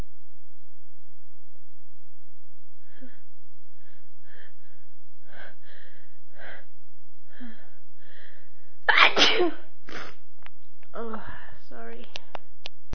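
Adult female. Violent sneezing, with a series of short inhalations building up before a forceful sneeze burst.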